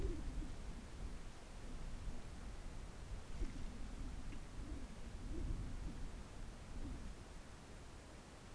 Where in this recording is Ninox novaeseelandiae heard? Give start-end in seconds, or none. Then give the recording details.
none. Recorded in New Zealand on 4 June 2017. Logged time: 19:01. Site Taranaki